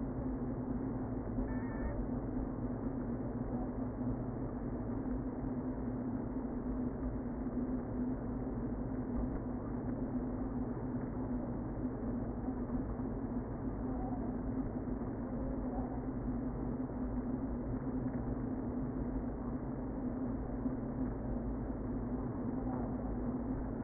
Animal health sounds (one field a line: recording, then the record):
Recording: honeybee colony, microphone inside the hive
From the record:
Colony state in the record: queen present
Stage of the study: before two queens were removed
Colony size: about 60,000 bees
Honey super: yes